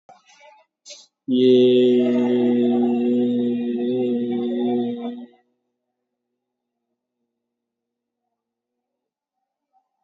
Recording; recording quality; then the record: sustained vowel as in made; excellent, no background noise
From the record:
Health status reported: COVID-19 positive, no symptoms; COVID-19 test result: positive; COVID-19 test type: RT-PCR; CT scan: taken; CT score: 2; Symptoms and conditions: fatigue, hypertension, diabetes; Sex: male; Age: 48 years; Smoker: no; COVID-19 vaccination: one dose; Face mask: worn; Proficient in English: yes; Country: India